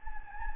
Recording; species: mosquito wingbeat signal from an infrared sensor; Anopheles gambiae